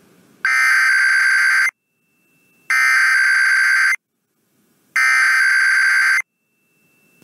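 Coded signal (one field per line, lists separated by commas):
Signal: Emergency Alert System (SAME) tones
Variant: header bursts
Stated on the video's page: Real IPAWS weekly tests for the Mountain and Pacific regions.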